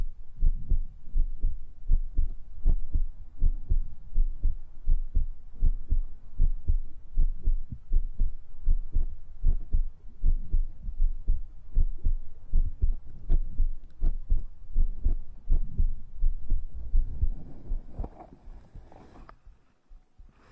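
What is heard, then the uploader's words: Ear eating and ear massage: a fast, steady run of deep, muffled thumps, about three per second, like pressure pulsing against the ear. Near the end the thumping thins out, some softer rustling and smacking comes through, and the sound drops away in the last seconds. Maid Ear Eating & Ear Massage.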